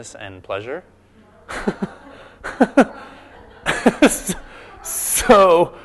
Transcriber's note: laughter